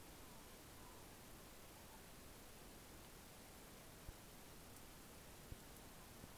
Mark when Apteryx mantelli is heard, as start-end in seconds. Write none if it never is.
none